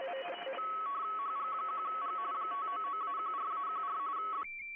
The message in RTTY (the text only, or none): HG1G 599-14-14 B